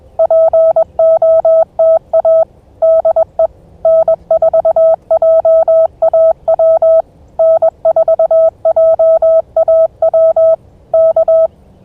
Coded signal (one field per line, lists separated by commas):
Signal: Morse code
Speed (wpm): 21 wpm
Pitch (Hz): 660 Hz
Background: none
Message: POTA DE N4JAW N4JAW K